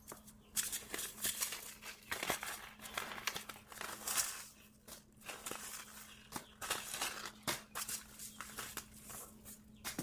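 Packets of seeds are handled and sorted, with constant papery crinkling and rustling broken by sharp taps and flicks, notably near 2, 4, 6.5 and 7.5 seconds. A steady low hum runs underneath.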